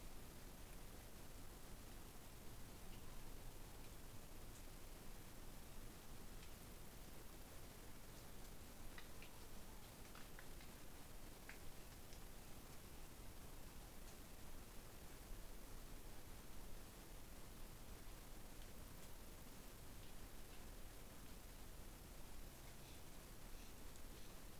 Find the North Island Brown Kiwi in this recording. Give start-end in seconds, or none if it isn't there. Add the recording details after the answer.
none. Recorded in New Zealand on 20 November 2013. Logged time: 21:14. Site CG22